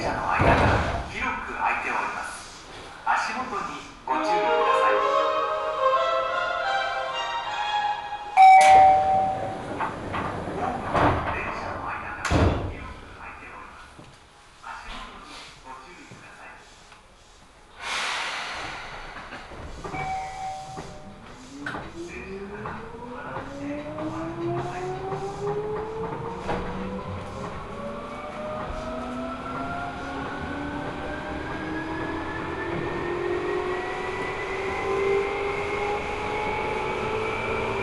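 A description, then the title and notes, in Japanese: Seibu Ikebukuro Line local train: door chimes and clatter early, an announcement, then the motor whine rising steadily in pitch as the train accelerates. 西武池袋線普通 池袋→清瀬。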